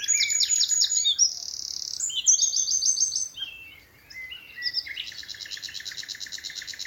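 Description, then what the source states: Common nightingale singing loudly: fast rattling runs of repeated notes and bright trills, a brief pause, then another rapid stuttering series. Several nightingales singing in the evening as dew falls, from thickets in a wood at Alners Gorse nature reserve, Dorset, run by Butterfly Conservation.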